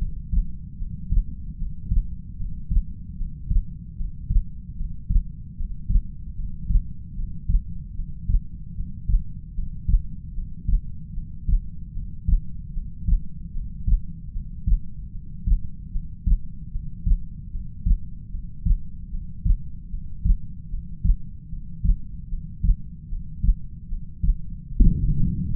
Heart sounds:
heart sounds by stethoscope; 75 bpm
0.77 s: heartbeat
1.57 s: heartbeat
2.36 s: heartbeat
3.16 s: heartbeat
3.96 s: heartbeat
4.75 s: heartbeat
5.55 s: heartbeat
6.35 s: heartbeat
7.14 s: heartbeat
7.94 s: heartbeat
8.74 s: heartbeat
9.53 s: heartbeat
10.33 s: heartbeat
11.13 s: heartbeat
11.92 s: heartbeat
12.72 s: heartbeat
13.52 s: heartbeat
14.31 s: heartbeat
15.11 s: heartbeat
15.91 s: heartbeat
16.70 s: heartbeat
17.50 s: heartbeat
18.30 s: heartbeat
19.09 s: heartbeat
19.89 s: heartbeat
20.69 s: heartbeat
21.48 s: heartbeat
22.28 s: heartbeat
23.08 s: heartbeat
23.88 s: heartbeat
24.67 s: heartbeat
25.47 s: heartbeat
From the record:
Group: heart failure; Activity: breath hold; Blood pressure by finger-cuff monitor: 99/73 mmHg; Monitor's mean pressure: 83 mmHg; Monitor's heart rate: 75 bpm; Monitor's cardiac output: 4.4 L/min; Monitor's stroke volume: 59 mL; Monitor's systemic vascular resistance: 1370 dyn s/cm5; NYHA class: 2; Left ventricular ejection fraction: 58%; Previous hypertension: present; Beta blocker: bisoprolol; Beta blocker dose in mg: 5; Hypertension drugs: ramipril, spironolactone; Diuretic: furosemide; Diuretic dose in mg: 160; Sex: female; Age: 55 years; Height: 155 cm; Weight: 67 kg

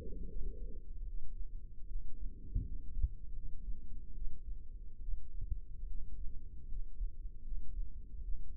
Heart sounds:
heart sounds by microphone in the left ear; 76 bpm
0.27 s: heartbeat
1.06 s: heartbeat
1.87 s: heartbeat
2.64 s: heartbeat
3.34 s: heartbeat
4.13 s: heartbeat
5.00 s: heartbeat
5.86 s: heartbeat
6.67 s: heartbeat
7.42 s: heartbeat
8.21 s: heartbeat
From the record:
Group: healthy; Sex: female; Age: 22 years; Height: 160 cm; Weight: 63 kg

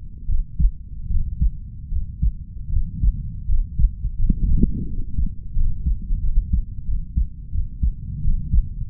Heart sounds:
heart sounds by stethoscope; 83 bpm
0.25 s: heartbeat
1.07 s: heartbeat
1.88 s: heartbeat
2.69 s: heartbeat
3.45 s: heartbeat
4.15 s: heartbeat
4.84 s: heartbeat
5.52 s: heartbeat
6.20 s: heartbeat
6.84 s: heartbeat
7.50 s: heartbeat
8.20 s: heartbeat
8.89 s: heartbeat
From the record:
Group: healthy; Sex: female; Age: 32 years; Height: 168 cm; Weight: 61.9 kg

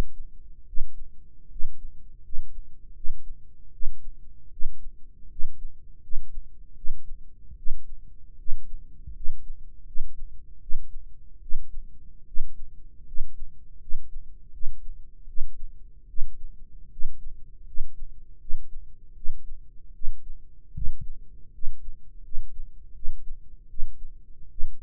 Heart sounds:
heart sounds by microphone in the right ear; 78 bpm
0.66 s: heartbeat
1.49 s: heartbeat
2.22 s: heartbeat
2.93 s: heartbeat
3.71 s: heartbeat
4.50 s: heartbeat
5.28 s: heartbeat
6.00 s: heartbeat
6.74 s: heartbeat
7.55 s: heartbeat
8.37 s: heartbeat
9.13 s: heartbeat
9.84 s: heartbeat
10.59 s: heartbeat
11.39 s: heartbeat
12.25 s: heartbeat
13.04 s: heartbeat
13.78 s: heartbeat
14.51 s: heartbeat
15.26 s: heartbeat
16.06 s: heartbeat
16.89 s: heartbeat
17.64 s: heartbeat
18.38 s: heartbeat
19.14 s: heartbeat
19.92 s: heartbeat
20.73 s: heartbeat
21.51 s: heartbeat
22.21 s: heartbeat
22.93 s: heartbeat
23.67 s: heartbeat
24.48 s: heartbeat
From the record:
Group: healthy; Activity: rest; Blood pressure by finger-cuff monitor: 138/81 mmHg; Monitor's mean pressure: 100 mmHg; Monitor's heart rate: 78 bpm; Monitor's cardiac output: 6.8 L/min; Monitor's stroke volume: 87 mL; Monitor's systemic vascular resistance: 1090 dyn s/cm5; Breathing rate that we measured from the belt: 15 breaths a minute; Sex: male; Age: 21 years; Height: 180 cm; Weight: 67.5 kg

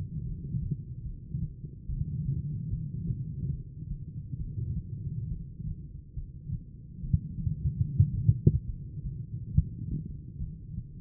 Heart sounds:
heart sounds by stethoscope; 71 bpm
0.22 s: heartbeat
1.02 s: heartbeat
1.85 s: heartbeat
2.68 s: heartbeat
3.50 s: heartbeat
4.36 s: heartbeat
5.28 s: heartbeat
6.14 s: heartbeat
7.00 s: heartbeat
7.74 s: heartbeat
8.65 s: heartbeat
9.51 s: heartbeat
10.38 s: heartbeat
From the record:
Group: heart failure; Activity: rest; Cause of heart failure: idiopathic cardiomyopathy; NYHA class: 2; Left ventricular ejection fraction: 51%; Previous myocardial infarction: absent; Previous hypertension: present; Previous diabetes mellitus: absent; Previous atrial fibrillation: absent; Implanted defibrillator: present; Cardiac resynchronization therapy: absent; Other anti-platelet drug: absent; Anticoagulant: apixaban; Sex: female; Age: 61 years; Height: 163 cm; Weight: 111 kg

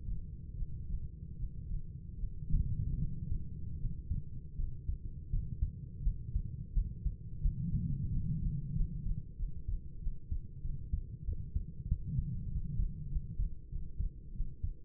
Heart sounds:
heart sounds by stethoscope; 87 bpm
0.54 s: heartbeat
1.35 s: heartbeat
2.16 s: heartbeat
2.96 s: heartbeat
3.76 s: heartbeat
4.55 s: heartbeat
5.29 s: heartbeat
6.02 s: heartbeat
6.72 s: heartbeat
7.41 s: heartbeat
8.09 s: heartbeat
8.72 s: heartbeat
9.35 s: heartbeat
9.98 s: heartbeat
10.60 s: heartbeat
11.24 s: heartbeat
11.87 s: heartbeat
12.48 s: heartbeat
13.08 s: heartbeat
13.68 s: heartbeat
14.31 s: heartbeat
From the record:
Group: healthy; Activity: breath hold 0-2 s, rest 2-15 s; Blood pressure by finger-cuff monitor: 101/55 mmHg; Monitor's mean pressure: 70 mmHg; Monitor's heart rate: 88 bpm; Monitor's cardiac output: 7.5 L/min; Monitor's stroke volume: 84 mL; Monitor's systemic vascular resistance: 680 dyn s/cm5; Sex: female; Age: 26 years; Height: 165 cm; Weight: 55 kg

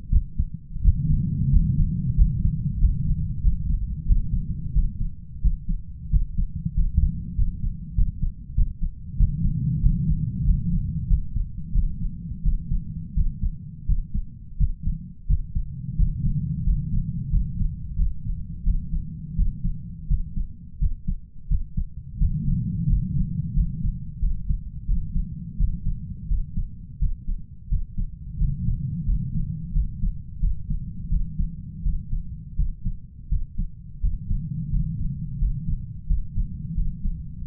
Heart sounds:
heart sounds by stethoscope; 88 bpm
0.10 s: heartbeat
0.83 s: heartbeat
1.51 s: heartbeat
2.16 s: heartbeat
2.79 s: heartbeat
3.42 s: heartbeat
4.06 s: heartbeat
4.73 s: heartbeat
5.42 s: heartbeat
6.10 s: heartbeat
6.75 s: heartbeat
7.36 s: heartbeat
7.95 s: heartbeat
8.55 s: heartbeat
9.17 s: heartbeat
9.81 s: heartbeat
10.45 s: heartbeat
11.08 s: heartbeat
11.73 s: heartbeat
12.43 s: heartbeat
13.15 s: heartbeat
13.86 s: heartbeat
14.58 s: heartbeat
15.27 s: heartbeat
15.97 s: heartbeat
16.64 s: heartbeat
17.31 s: heartbeat
17.96 s: heartbeat
18.64 s: heartbeat
19.36 s: heartbeat
20.08 s: heartbeat
20.79 s: heartbeat
21.48 s: heartbeat
22.18 s: heartbeat
22.87 s: heartbeat
23.54 s: heartbeat
24.20 s: heartbeat
24.86 s: heartbeat
25.57 s: heartbeat
26.28 s: heartbeat
26.99 s: heartbeat
27.69 s: heartbeat
28.38 s: heartbeat
29.05 s: heartbeat
29.72 s: heartbeat
30.40 s: heartbeat
31.09 s: heartbeat
31.83 s: heartbeat
32.56 s: heartbeat
33.29 s: heartbeat
34.01 s: heartbeat
34.70 s: heartbeat
35.39 s: heartbeat
36.07 s: heartbeat
36.75 s: heartbeat
37.44 s: heartbeat
From the record:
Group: healthy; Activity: rest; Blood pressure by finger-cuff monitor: 125/84 mmHg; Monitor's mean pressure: 95 mmHg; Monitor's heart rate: 87 bpm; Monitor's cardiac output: 7.3 L/min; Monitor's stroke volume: 83 mL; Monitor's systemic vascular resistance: 980 dyn s/cm5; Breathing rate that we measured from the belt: 9 breaths a minute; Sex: male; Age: 33 years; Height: 179 cm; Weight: 80.4 kg

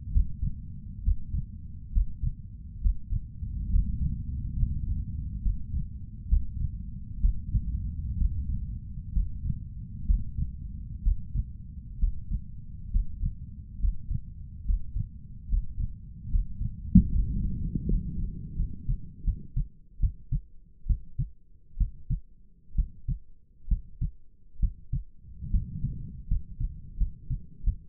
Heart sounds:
heart sounds by stethoscope; 70 bpm
0.11 s: heartbeat
1.02 s: heartbeat
1.92 s: heartbeat
2.80 s: heartbeat
3.69 s: heartbeat
4.57 s: heartbeat
5.41 s: heartbeat
6.28 s: heartbeat
7.20 s: heartbeat
8.17 s: heartbeat
9.12 s: heartbeat
10.05 s: heartbeat
11.02 s: heartbeat
11.98 s: heartbeat
12.90 s: heartbeat
13.79 s: heartbeat
14.64 s: heartbeat
15.48 s: heartbeat
16.29 s: heartbeat
17.09 s: heartbeat
17.87 s: heartbeat
18.56 s: heartbeat
19.24 s: heartbeat
20.00 s: heartbeat
20.87 s: heartbeat
21.78 s: heartbeat
22.75 s: heartbeat
23.68 s: heartbeat
24.60 s: heartbeat
25.51 s: heartbeat
26.28 s: heartbeat
26.98 s: heartbeat
27.64 s: heartbeat
From the record:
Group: healthy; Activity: breath hold 0-16 s, rest 16-28 s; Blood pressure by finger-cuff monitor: 118/62 mmHg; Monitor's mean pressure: 73 mmHg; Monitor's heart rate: 65 bpm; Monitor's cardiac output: 6.4 L/min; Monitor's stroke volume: 98 mL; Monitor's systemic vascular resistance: 810 dyn s/cm5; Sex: male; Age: 23 years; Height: 179 cm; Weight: 87 kg

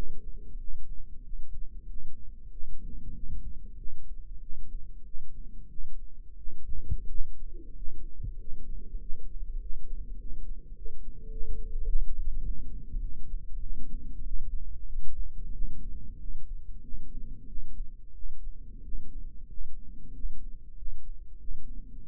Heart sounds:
heart sounds by microphone in the right ear; 95 bpm
0.57 s: heartbeat
1.22 s: heartbeat
1.86 s: heartbeat
2.49 s: heartbeat
3.12 s: heartbeat
3.75 s: heartbeat
4.39 s: heartbeat
5.03 s: heartbeat
5.67 s: heartbeat
6.36 s: heartbeat
7.07 s: heartbeat
7.74 s: heartbeat
8.37 s: heartbeat
8.99 s: heartbeat
9.59 s: heartbeat
10.17 s: heartbeat
10.74 s: heartbeat
11.30 s: heartbeat
11.86 s: heartbeat
12.42 s: heartbeat
12.99 s: heartbeat
13.60 s: heartbeat
14.23 s: heartbeat
14.86 s: heartbeat
15.52 s: heartbeat
16.18 s: heartbeat
16.82 s: heartbeat
17.47 s: heartbeat
18.14 s: heartbeat
18.83 s: heartbeat
19.49 s: heartbeat
20.13 s: heartbeat
20.77 s: heartbeat
21.39 s: heartbeat
21.99 s: heartbeat
From the record:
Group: healthy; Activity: rest 0-13 s, cold pressor test 13-22 s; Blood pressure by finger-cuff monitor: 134/67 mmHg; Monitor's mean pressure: 86 mmHg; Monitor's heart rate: 94 bpm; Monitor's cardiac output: 10.3 L/min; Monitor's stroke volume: 110 mL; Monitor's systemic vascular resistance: 610 dyn s/cm5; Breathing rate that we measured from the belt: 21 breaths a minute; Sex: male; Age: 24 years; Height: 184 cm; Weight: 89 kg

